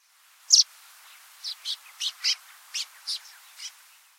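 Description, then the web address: Scaly-feathered weaver calls, a loud opening chirp followed by a series of short high chirps, over a faint background hiss. "Scaly feathered weaver. پرنده-جولای-پر-پولکی"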